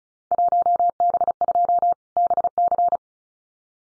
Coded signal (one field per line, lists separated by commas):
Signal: Morse code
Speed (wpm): 36 wpm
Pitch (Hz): 700 Hz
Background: none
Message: 1B2 BC